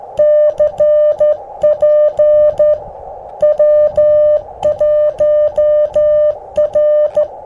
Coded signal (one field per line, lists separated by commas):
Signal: Morse code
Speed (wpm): 13 wpm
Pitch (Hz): 600 Hz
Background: music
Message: CP W1R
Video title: Using the G0NVT PB213 Straight Key: Parks on the Air @ K-2195 Reed Bingham State Park & Easter Eggs!